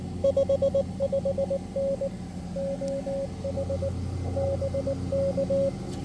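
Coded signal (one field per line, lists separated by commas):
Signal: Morse code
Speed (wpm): 20 wpm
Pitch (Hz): 550 Hz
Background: none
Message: 55N OH BK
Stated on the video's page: POTA activation with an FX-4CR transceiver.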